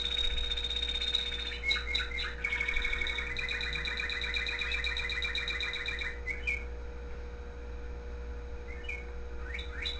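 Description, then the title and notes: Canary song of fast buzzy trills and high whistled notes for the first six seconds, then only a few scattered chirps over a low hum. The owner's own canary. "mi canario. musica de fondo"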